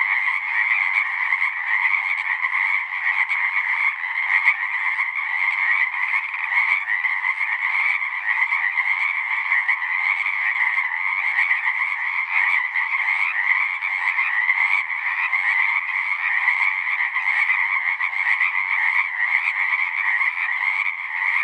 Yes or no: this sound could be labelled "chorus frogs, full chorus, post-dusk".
yes